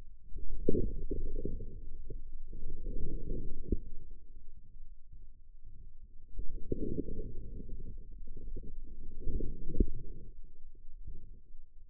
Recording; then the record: forearm muscle sounds (acoustic myography)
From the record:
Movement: inward rotation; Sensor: system 2, bracelet of six BSWA MPA416 microphones around the upper forearm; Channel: 5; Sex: male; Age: 22 years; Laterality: right